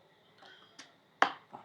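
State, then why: Seated. A BluArmor C20 helmet intercom unit is slid into the two-point clip mount on a helmet, which has a release to press for removal. After a faint rustle and a soft tick near 0.8 s, a sharp, loud click at 1.2 s marks the unit locking into the mount, followed by a quieter tick at 1.6 s. The unit is seated.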